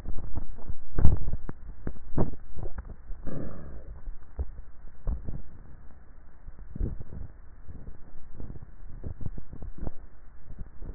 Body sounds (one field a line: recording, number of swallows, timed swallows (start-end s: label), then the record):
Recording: swallowing sounds by neck microphone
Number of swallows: 4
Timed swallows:
0.28-1.24 s: swallow
2.61-3.28 s: swallow
4.18-5.11 s: swallow
9.18-9.91 s: swallow
From the record:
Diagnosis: dysphagia